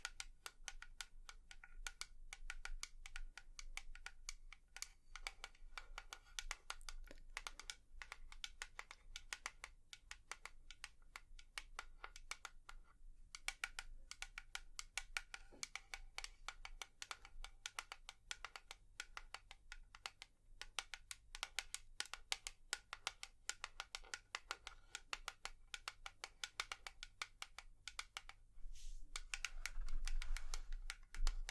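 Rapid tapping runs through the whole recording as dense, crisp clicks at an uneven, fast pace, much like typing on a keyboard. Brief pauses break the rhythm near 13 and 29 seconds. A low steady hum sits underneath, swelling slightly at the end.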